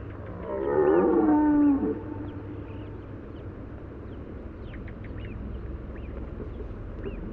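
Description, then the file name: Red deer bellow, one deep, harsh, drawn-out roar lasting about a second, then steady background noise with faint high chirps. Bellow given during the rut. "Brame"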